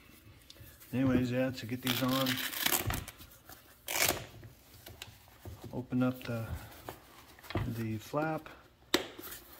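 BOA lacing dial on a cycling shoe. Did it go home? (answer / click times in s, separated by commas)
released / 8.9 s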